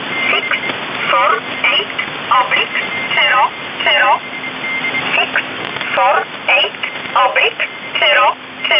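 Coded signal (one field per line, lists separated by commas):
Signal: numbers station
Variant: E11 Oblique, English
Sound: a voice reading short evenly spaced words over radio hiss, with a faint steady whistle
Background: radio static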